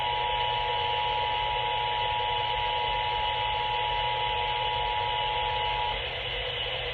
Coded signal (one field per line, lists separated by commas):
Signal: Emergency Alert System (SAME) tones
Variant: 853 and 960 Hz attention tone